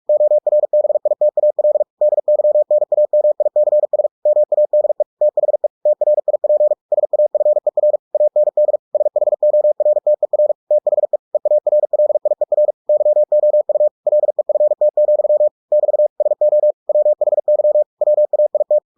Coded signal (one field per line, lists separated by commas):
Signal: Morse code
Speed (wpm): 46 wpm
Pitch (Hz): 600 Hz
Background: none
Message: ORBITAL DYNAMICS MADE THE TRIP SAFER AND SHORTER THE EARLIER YOU LEFT, <BT> SO WHY WAIT